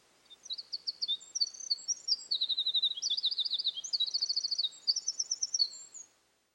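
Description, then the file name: Eurasian wren singing a loud, hurried outpouring of sharp high notes and rattling trills, several trill sections strung together before the phrase stops abruptly. "Gaerdesmutte"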